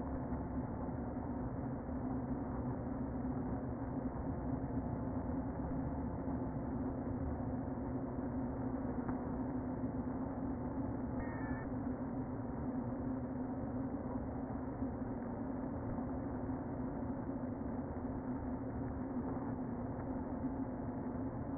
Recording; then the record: honeybee colony, microphone inside the hive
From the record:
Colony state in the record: queen present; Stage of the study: before two queens were removed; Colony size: about 60,000 bees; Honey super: yes